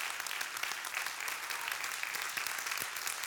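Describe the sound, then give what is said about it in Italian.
An audience at a Sunday church service applauds together for the Lord, a dense, steady wash of many hands clapping that holds evenly throughout without any voices standing out. “Vogliamo fare un applauso al nostro Signore e alla stabilità che Lui dà a ciascuno di noi.”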